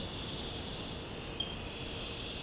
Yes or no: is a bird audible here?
no